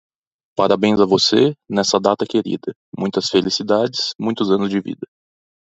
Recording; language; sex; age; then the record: short text; Brazilian Portuguese; male; 30 to 39 years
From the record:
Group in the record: control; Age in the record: 30 years